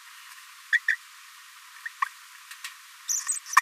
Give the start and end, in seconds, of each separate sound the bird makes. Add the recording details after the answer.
0.73-0.76, 0.88-0.95, 2.02-2.04, 3.09-3.20, 3.28-3.39. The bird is a male. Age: 24 days. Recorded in a nest box in Venezuela. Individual 17B42A3